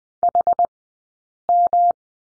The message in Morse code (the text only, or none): HM